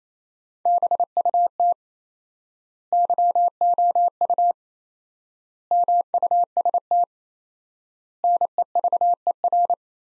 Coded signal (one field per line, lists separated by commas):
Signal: Morse code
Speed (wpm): 28 wpm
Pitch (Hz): 700 Hz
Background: none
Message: BUT YOU MUST NEVER